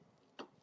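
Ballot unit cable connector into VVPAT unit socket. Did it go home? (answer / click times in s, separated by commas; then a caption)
yes / 0.4 s. A ballot unit cable connector is pushed into its socket on a VVPAT voting machine unit, red to red, black to black, with the "top" marking facing up. A short sharp click is heard at 0.4 s, showing the ballot unit is seated and connected to the VVPAT.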